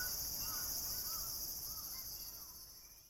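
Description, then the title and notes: Cicada song: a steady high hissing drone held throughout, fading toward the end. Recorded 16 September 2022, day 11 of a series; recordist unsure whether a large brown cicada or a bear cicada. "アブラゼミ？クマゼミ？ ＃あさりー"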